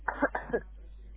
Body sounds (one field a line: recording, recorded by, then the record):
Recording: voluntary cough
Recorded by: telephone call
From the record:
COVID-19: negative